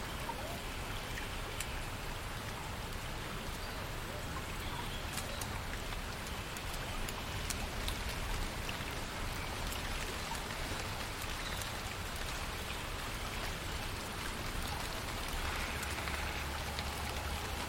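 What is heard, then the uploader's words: Gently flowing water fills a deep forest with a steady, dense patter that stays even throughout. A soft low rumble sits underneath, like a distant watermill, while brief bright ticks and rustles, perhaps leaves or small birds, scatter across the top. Fairy watermill house in the deep forest ambience. You can here distant watermill from small house over there. Surrounded by the rustling of leaves in the trees, birds chirping, gentle water flowing.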